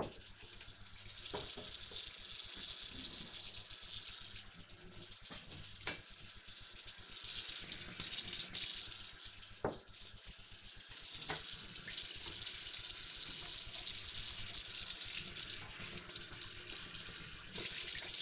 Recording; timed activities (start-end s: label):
household activities, microphone on the right wrist
0.00-18.22 s: washing dishes